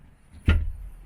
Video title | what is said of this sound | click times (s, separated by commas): Why you shouldn't fit a rock n roll bed designed for a VW in your Vivaro, Trafic or Primastar | and put it there you might be able to see there that there's it locks into place | 0.5 s